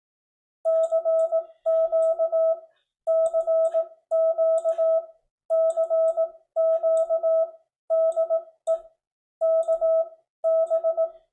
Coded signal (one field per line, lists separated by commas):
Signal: Morse code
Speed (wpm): 18 wpm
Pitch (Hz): 650 Hz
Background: none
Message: CQ CQ CQ DE KB